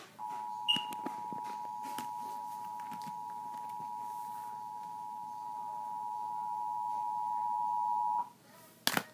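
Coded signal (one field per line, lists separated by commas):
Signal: Emergency Alert System (SAME) tones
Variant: 853 and 960 Hz attention tone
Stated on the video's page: Severe thunderstorm warning for Willacy County.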